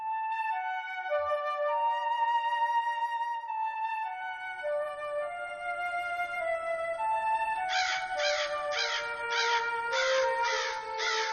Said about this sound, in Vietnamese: Tiếng quạ kêu ngoài sân ai oán như trách than điều chi oan uổng